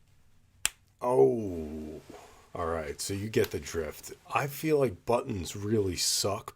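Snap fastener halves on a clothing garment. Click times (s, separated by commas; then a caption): 0.7 s. The two halves of a metal snap fastener on a clothing garment are pressed together close to the microphone to show off their sound, giving one sharp, loud snap at 0.7 s as the fastener snaps shut. Someone then talks.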